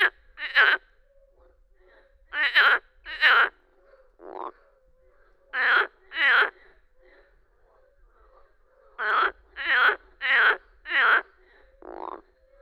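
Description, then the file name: Marsh frog calls, a series of loud rasping croaks in short groups separated by pauses, with fainter frog calls behind. "Grenouille rieuse"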